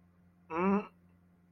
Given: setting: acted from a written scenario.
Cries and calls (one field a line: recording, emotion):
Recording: vocal sound without words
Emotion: contempt